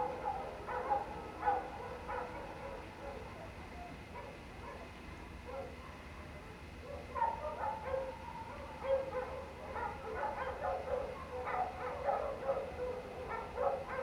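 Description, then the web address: Pack of canines in a yipping, howling chorus, quieter in the middle then rising again strongly, against steady splashing water noise. Pack howling into the night outdoors, late night, cold winter air, beside a man-made water fountain. "Omar Alvarado - Minimal ambiences ambience outdoors late night, cold winter air, pack of canine howling into the night and man made water fountain"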